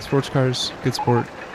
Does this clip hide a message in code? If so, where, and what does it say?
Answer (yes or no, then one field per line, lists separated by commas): no